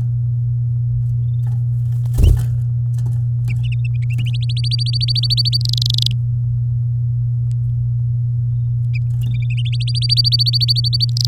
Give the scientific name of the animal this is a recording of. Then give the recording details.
Serinus canaria. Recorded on 9 May 2018 at 11:19. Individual llb16